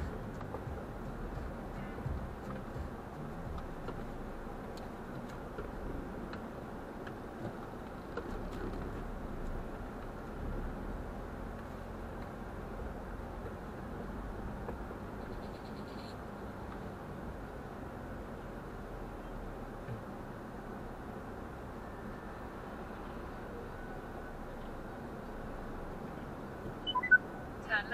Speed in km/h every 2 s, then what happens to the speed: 6, 6, 5, 4, 4, 8, 10, 11, 10, 9, 7, 8, 5, 5.
0-8 steady at about 5. 8-15 speeds up to 11. 15-28 steady at about 7.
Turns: none.